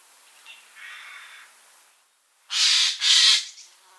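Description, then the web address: Eurasian jay screeching: faint rasps at first, then two loud, harsh, tearing screeches in quick succession, each about half a second long. "pub SETE data Garrulus glandarius"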